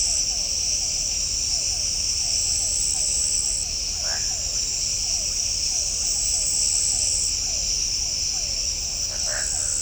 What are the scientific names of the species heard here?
none